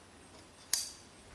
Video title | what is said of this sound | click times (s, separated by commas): Trimline Canopy Setup Demonstration | the last click | 0.7 s